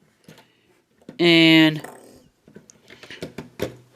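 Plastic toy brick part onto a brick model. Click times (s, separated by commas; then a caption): 2.7 s. While rebuilding a Lego Icons Dried Flower Centrepiece, a removed plastic toy brick part is pressed back onto the brick model as someone talks. It snaps back into place with a sharp click at 2.7 s, followed by light handling clicks, and the part is seated.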